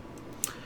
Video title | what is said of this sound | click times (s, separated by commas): Smith & Wesson Airweight 38 Special Complete disassembly and reassembly | so that click tells you you've made it down and then again primary | 0.4 s